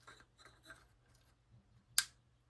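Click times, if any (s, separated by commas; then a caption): 2.0 s. A night vision device's mounting shoe is pushed into an all-metal G24 helmet mount, with soft scraping and handling rustles in the first second or so. Its latch clicks home with one sharp, loud click at 2.0 s. The device is seated and feels secure.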